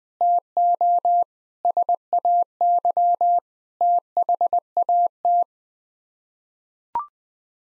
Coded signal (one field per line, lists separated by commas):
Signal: Morse code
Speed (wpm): 21 wpm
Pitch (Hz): 700 Hz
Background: none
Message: TO SAY THAT